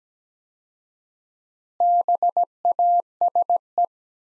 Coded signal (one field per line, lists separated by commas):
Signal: Morse code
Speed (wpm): 17 wpm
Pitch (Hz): 700 Hz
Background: none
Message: BASE